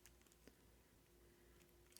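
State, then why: Not seated. The tongue of a vintage rhinestone box clasp on a choker necklace is handled after being slid out of its metal clasp box, with quiet handling noise over a steady low hum and brief small ticks near 0.1 s and 2.0 s. Nothing has seated or clicked yet; the clip ends before the tongue goes home in the box.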